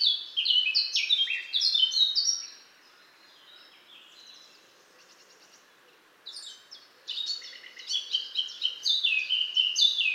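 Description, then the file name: Eurasian blackcap song: a bright fluty warble, a pause with a few faint notes, then another fast warble of varied whistled phrases. "Sylvia atricapilla"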